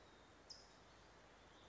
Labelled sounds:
California Towhee
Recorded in Sonoma County, California

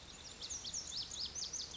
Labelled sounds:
Lazuli Bunting
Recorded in Sonoma County, California

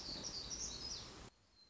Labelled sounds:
Black-throated Gray Warbler
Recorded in Sonoma County, California

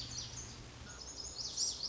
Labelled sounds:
Lazuli Bunting
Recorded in Sonoma County, California

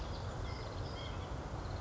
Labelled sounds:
White-breasted Nuthatch
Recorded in Sonoma County, California

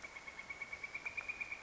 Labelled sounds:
Northern Flicker
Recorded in Sonoma County, California

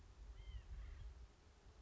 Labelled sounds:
White-breasted Nuthatch
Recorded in Sonoma County, California

